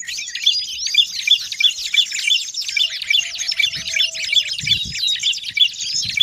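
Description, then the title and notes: Birds chirping busily, rapid bright notes repeated in quick rhythm, with a faint steady hum midway and a few soft low knocks. Long-duration sound of noisy, chattering birds, used for bird training and as a lure for trapping. "Master Burung Ribut Durasi Panjang. Burung Ribut Pikat"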